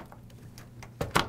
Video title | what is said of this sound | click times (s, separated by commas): How-to install a Graphics Card | You're going to hear the retention clip lock into place. | 1.2 s